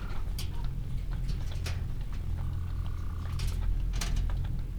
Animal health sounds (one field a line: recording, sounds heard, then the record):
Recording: poultry house recording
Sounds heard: sick chickens (respiratory disease)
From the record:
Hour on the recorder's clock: 15